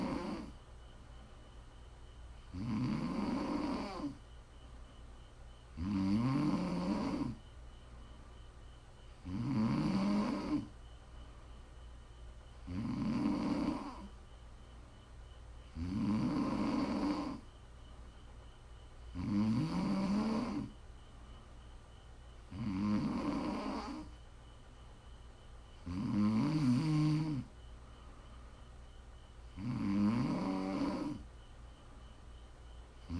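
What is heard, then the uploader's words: Heavy snoring repeats in a steady rhythm, one rasping breath roughly every three seconds, about ten in all. Each snore is a low, rattling rumble with a breathy hiss on top, and a faint constant hum fills the quiet gaps between breaths. Please enjoy some prime ASMR snoring.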